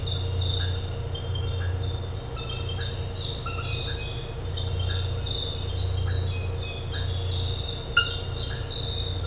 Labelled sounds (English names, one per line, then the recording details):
none
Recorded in dense forest near Puerto Asís, Putumayo, Colombia, on 13 March 2025 at 02:00
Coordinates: 0.468, -76.322
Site GP01